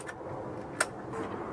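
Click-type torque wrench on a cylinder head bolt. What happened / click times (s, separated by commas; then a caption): The torque wrench clicked at its set torque / 0.8 s. A click-type torque wrench tightens cylinder head bolt number three on a 1996–2000 Honda Civic during a head gasket change, swung smoothly against a steady low background hum. After a faint tick near 0.1 s, the wrench gives one sharp click at 0.8 s, confirming the bolt has reached its 14 setting.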